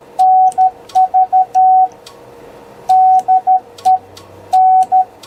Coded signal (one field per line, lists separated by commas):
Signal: Morse code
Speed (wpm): 13 wpm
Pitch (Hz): 750 Hz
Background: radio noise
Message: NV DE N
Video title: Initial CW Settings for your FT-891